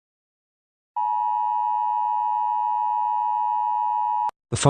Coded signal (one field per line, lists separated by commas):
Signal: Emergency Alert System (SAME) tones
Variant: 853 and 960 Hz attention tone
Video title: EAS Scenario #42: The Cenobite Rampage.